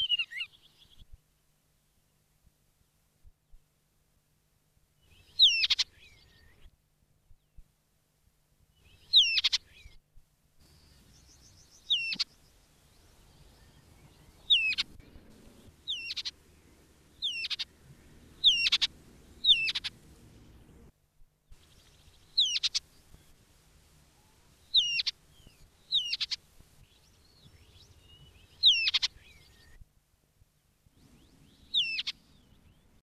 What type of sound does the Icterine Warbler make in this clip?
song